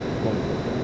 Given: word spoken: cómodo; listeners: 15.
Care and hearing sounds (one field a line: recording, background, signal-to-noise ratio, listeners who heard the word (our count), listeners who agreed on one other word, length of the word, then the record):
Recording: one Spanish word in noise, from a listening test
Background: speech-shaped noise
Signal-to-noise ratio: -4.2 dB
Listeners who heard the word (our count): 1 of 15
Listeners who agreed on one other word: 7 of 15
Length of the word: 0.44 s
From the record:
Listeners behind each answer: 7, 1, 1, 1, 1, 1, 1, 1, 1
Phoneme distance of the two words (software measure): 14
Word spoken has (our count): 3 syllables, 6 phonemes, stress on syllable 1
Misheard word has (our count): 2 syllables, 4 phonemes, stress on syllable 1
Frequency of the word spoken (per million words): 12.44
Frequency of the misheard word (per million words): 5069.96